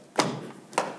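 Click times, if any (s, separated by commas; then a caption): none. A plastic fuse box cover on a 2007-13 Nissan Sentra is handled while being closed back onto the fuse box, with a sharp tap near 0.2 s and brief knocks at about 0.8 s and 1.0 s. The clip ends before the cover goes home, and nothing has seated or clicked yet.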